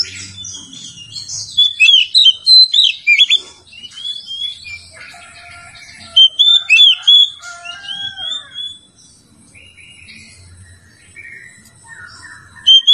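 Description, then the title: Oriental magpie-robin song: loud, varied whistled phrases with sliding notes in bursts, pauses between, and softer sweeping warbles later. "Kacer"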